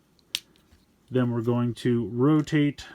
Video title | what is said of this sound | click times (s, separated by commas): Robots in Disguise Universe Scourge Review - Transformers Legacy Velocitron Speedia 500 Collection | these are going to come in and snap into place over here | 0.3 s